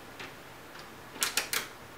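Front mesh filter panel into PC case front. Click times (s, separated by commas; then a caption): 1.2 s, 1.4 s. The front mesh filter panel of a Corsair Graphite Series 780T PC case is set into the bottom of the case front and pushed until its clips lock. Sharp plastic clicks sound at 1.2 s and 1.4 s, with another snap just after at about 1.5 s and faint ticks earlier. The panel seats and locks in place.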